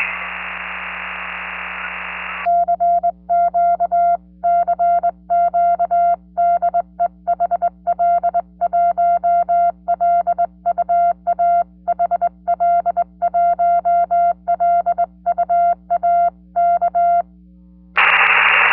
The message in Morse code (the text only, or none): CQ CQ DE HL1LUA HL1LUA K